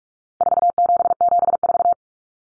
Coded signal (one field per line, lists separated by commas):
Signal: Morse code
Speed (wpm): 44 wpm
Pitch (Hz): 700 Hz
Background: none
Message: 4774